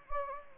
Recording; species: mosquito wingbeat signal from an infrared sensor; Anopheles gambiae